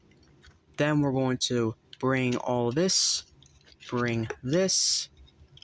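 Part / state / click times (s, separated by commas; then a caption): plastic body part of a transforming toy robot locking into the torso / not seated / none. A plastic body part of a Transformers Studio Series Gamer Edition 03 WFC Voyager Class Optimus Prime toy robot is brought around toward the torso during transformation while someone talks. Only faint handling ticks are heard, near the start and at the very end. The part is handled but not yet home, and nothing has seated or clicked yet.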